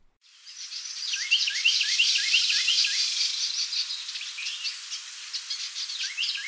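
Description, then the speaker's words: Carolina Wren song, rapid repeated phrases of descending notes over a steady high background hiss, continuing throughout. Duet: the male sings tea kettle, tea kettle, tea kettle and the female joins at the end with a rattle call. "They do this duet call, which is so cool to hear."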